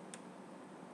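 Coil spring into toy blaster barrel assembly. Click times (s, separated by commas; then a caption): 0.1 s. An orange 5 kilogram Modworks steel upgrade spring for a Retaliator Recon is wound into the plastic barrel assembly of a toy foam blaster, a Super Veloce Retaliator R-Spec, until its end clicks over an internal post. A single short, sharp click is heard at 0.1 seconds over a steady low background hiss, showing that the spring end has seated against the post.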